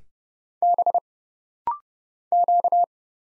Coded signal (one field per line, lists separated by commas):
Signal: Morse code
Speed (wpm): 30 wpm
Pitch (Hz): 700 Hz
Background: none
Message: B Q